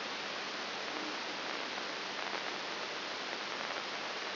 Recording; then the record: brain microelectrode recording played as sound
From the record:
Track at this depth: outside the subthalamic nucleus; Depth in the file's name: 0.304 mm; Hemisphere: right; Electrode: 3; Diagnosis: Parkinson's disease